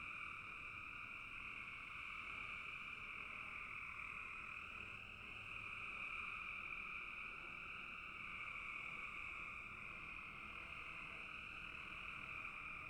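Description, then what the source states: Many frogs calling together, a level, unbroken trilling hum at two pitches. Frogs calling in a bog.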